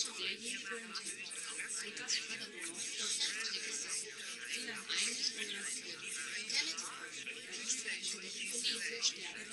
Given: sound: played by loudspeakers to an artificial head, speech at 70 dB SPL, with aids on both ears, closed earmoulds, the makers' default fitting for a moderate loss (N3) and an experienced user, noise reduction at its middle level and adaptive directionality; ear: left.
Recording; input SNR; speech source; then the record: speech test signal (ISTS) in cocktail-party noise; -3 dB; on the right (90 degrees)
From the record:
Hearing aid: class 1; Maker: H